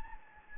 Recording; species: mosquito wingbeat signal from an infrared sensor; Anopheles gambiae